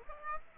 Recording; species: mosquito wingbeat signal from an infrared sensor; Aedes aegypti